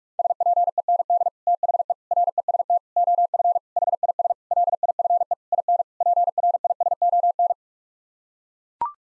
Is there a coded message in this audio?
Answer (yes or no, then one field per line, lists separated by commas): yes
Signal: Morse code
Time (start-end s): 0.2-7.5 s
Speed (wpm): 42 wpm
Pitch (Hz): 700 Hz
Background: none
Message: SPEND THE REST OF HIS LIFE IN PRISON